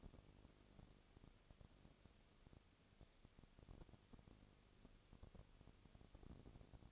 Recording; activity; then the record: daily activity, microphone in the room; no activity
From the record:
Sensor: 4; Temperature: 22.3 degrees Celsius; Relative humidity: 32.8%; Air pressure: 1002.0 hPa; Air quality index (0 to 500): 185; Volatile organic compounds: 4 ppm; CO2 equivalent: 1631 ppm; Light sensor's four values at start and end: 2/3/1/1 and 2/3/1/1